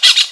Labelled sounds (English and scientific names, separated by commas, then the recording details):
Brown-throated Parakeet (Eupsittula pertinax) contact call
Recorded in Venezuela
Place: Guárico; Corozopando; Fundo La Fe
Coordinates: 8.506, -67.593